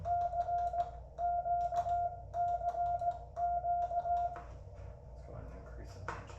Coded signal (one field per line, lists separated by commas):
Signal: Morse code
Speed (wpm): 18 wpm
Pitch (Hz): 700 Hz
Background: speech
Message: CQCQ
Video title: American Morse Porta Paddle Assembly